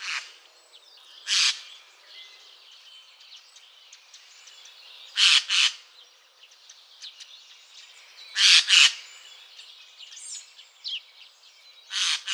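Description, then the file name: Eurasian jay uttering loud, hoarse screeches at irregular intervals, some single and some in quick pairs. "Geai-des-chênes"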